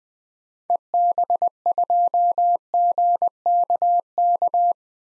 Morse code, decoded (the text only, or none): EB2GKK